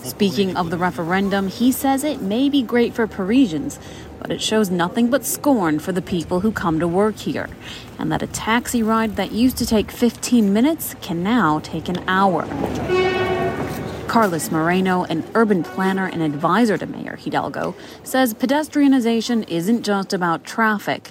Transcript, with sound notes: Speaking of the referendum, he says it may be great for Parisians, but it shows nothing but scorn for the people who come to work here, and that a taxi ride that used to take 15 minutes can now take an hour. (SOUNDBITE OF CAR HORN HONKING) Carlos Moreno, an urban planner and adviser to Mayor Hidalgo, says pedestrianization isn’t just about traffic.